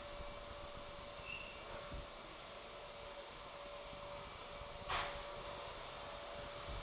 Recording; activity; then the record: daily activity, microphone in the room; vacuum cleaning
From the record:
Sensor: 5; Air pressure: 1012.0 hPa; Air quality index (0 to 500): 247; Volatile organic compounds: 5 ppm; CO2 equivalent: 1706 ppm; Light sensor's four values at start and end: 36/84/34/35 and 36/84/34/35